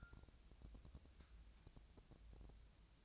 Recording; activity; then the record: daily activity, microphone in the room; take from stove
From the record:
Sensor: 2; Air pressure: 999.8 hPa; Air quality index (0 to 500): 122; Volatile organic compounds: 2 ppm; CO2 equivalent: 1053 ppm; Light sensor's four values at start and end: 30/73/32/35 and 30/73/32/36